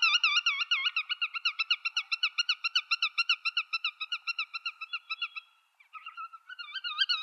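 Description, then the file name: Black-tailed godwit calling in a fast series of nasal, wavy notes that fade out after about five seconds, then resume. "audio birulaut ekorhitam"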